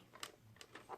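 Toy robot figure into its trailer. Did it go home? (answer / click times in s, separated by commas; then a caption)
yes / 0.2 s. A plastic Transformers WFC Kingdom Commander Class Rodimus Prime robot figure is fitted into its plastic trailer, giving a sharp snap at 0.2 s as it seats in place. Softer plastic ticks and taps follow around 0.6, 0.8 and 1.0 s as it is handled.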